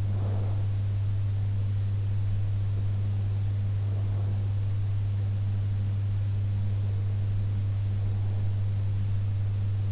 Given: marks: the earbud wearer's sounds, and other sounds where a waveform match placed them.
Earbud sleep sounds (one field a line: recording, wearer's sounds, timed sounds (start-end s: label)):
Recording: sounds in sleep by an in-ear microphone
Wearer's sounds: breath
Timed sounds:
0.00-0.81 s: breath